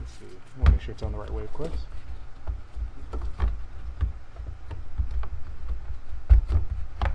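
A replacement plastic air intake duct on a Mercedes GLK is handled and lined up over its engine bay mount while someone talks, with scattered light plastic knocks and taps. Nothing has seated or clicked yet.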